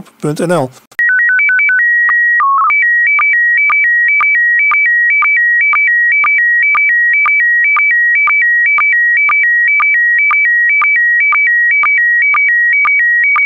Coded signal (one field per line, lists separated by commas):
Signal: SSTV (slow-scan television)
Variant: PD 120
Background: speech